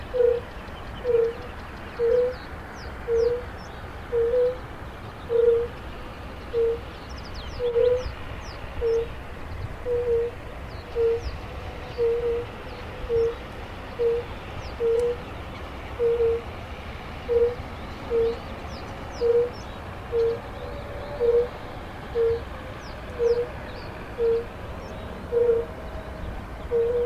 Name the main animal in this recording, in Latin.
Bombina bombina